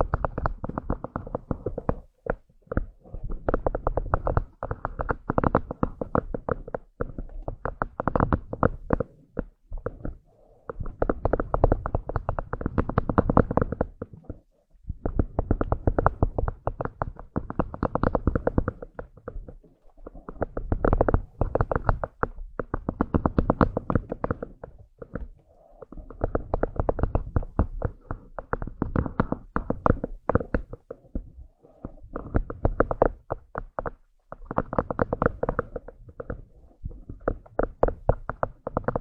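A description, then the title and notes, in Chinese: An ear massage: muffled, rumbling rubs and soft thuds come in dense bursts of strokes, mostly low and dull with little brightness. Short pauses break the rubbing every few seconds, with longer gaps near 14 and 20 seconds before it resumes. 按摩耳朵，一些让人放松的声音。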